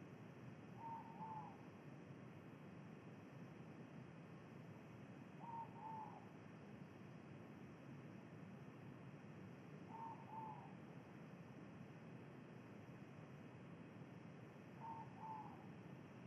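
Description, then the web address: Ivory-breasted pitta giving a clear double whistled call four times, about every five seconds, over steady background hiss. Recorded in Indonesia. "ULM-DS-Lab indonesian-bird-sounds. Pitta maxima"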